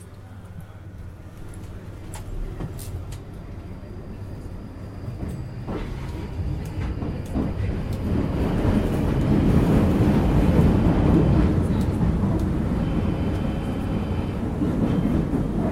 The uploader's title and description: International Train Noise Compilation. The diverse sounds of trains from around the world